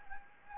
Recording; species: mosquito wingbeat signal from an infrared sensor; Anopheles gambiae